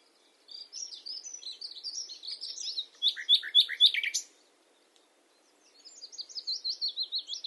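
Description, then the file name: Common nightingale singing a rapid jumble of high chirps and twitters that builds to a louder, harsher burst, pauses briefly, then resumes with quick squeaky notes. "Luscinia megarhynchos"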